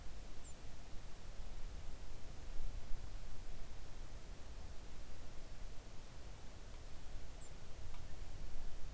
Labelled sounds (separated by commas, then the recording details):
songbird
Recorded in the Arctic National Wildlife Refuge, Alaska, on 3 August 2019 at 06:03
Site 41